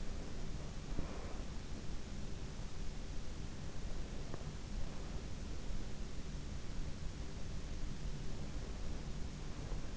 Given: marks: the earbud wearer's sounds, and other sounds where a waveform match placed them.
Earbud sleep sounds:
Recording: sounds in sleep by an in-ear microphone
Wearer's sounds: breath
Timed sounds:
0.00-1.48 s: breath

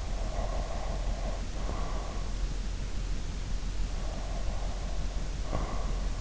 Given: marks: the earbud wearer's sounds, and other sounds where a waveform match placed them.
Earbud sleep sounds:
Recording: sounds in sleep by an in-ear microphone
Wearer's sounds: breath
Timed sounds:
0.00-2.65 s: breath
3.90-6.05 s: breath

